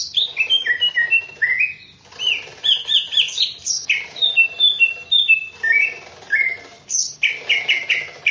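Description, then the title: Greater green leafbird song: loud, clear whistled phrases of falling and rising slurs, repeated in quick varied sequences with short pauses between bursts. "KICAU BURUNG CUCAK IJO"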